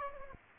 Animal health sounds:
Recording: mosquito wingbeat signal from an infrared sensor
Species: Aedes aegypti

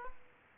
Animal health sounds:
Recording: mosquito wingbeat signal from an infrared sensor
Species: Aedes aegypti

